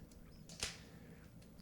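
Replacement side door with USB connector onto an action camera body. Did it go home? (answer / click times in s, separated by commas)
yes / 0.6 s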